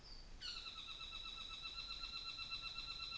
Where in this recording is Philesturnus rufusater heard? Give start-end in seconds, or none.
0.32-3.17